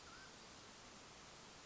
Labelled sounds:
Mountain Quail (Oreortyx pictus)
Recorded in Sonoma County, California

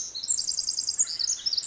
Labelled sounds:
Pacific Wren (Troglodytes pacificus)
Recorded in Sonoma County, California

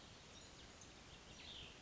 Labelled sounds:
Cassin's Vireo (Vireo cassinii)
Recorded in Sonoma County, California

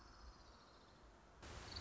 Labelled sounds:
Orange-crowned Warbler (Leiothlypis celata)
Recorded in Sonoma County, California

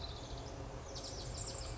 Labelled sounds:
Bewick's Wren (Thryomanes bewickii)
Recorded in Sonoma County, California

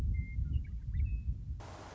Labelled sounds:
Western Meadowlark (Sturnella neglecta)
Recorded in Sonoma County, California

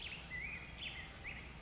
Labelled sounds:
Black-headed Grosbeak (Pheucticus melanocephalus)
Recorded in Sonoma County, California

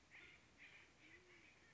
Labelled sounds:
Band-tailed Pigeon (Patagioenas fasciata)
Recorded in Sonoma County, California

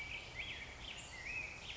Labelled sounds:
Black-headed Grosbeak (Pheucticus melanocephalus)
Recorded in Sonoma County, California

